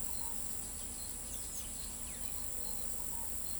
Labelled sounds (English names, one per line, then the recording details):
Scaled Dove
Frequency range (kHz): Scaled Dove 0.6-1.0 kHz
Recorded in pastures near Pivijay, Magdalena, Colombia, on 3 June 2023 at 07:00
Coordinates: 10.456, -74.369
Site P6-G026